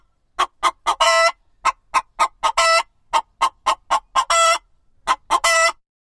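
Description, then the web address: Chicken clucks in short rapid groups, each run ending in a drawn-out raspy squawk, with brief pauses between groups. "Ian Hubball Chicken Cluck"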